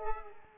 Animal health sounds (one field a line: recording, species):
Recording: mosquito wingbeat signal from an infrared sensor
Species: Culex pipiens